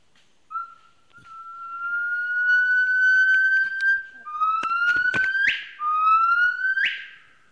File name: Hainan Gibbon